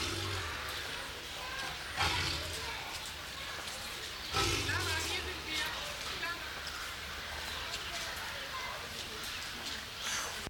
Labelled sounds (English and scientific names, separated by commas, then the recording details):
Tiger (Panthera tigris)
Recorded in captivity
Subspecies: sumatrae
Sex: female
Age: adult
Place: Zoo Berlin, Berlin, DE
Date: 1993-10-16 11:58
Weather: heiter, 6-10 °C
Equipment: Marantz CP 430, Sennheiser MKH 416 T, Kopie Uher Variocord 263
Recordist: Tembrock, Günter